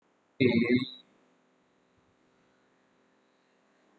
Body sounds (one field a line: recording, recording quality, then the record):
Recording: sustained vowel as in made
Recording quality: moderate, slight background noise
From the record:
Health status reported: recovered from COVID-19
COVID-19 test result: negative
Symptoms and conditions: none ticked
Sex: male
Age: 23 years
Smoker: not ticked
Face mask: not worn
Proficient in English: yes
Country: India